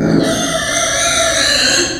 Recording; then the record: squeal of a Yucatan mini pig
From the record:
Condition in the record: before surgery on the right vocal fold (resection and tissue-engineered implant); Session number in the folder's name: 3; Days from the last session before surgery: 0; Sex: female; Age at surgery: 19 weeks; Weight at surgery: 25 kg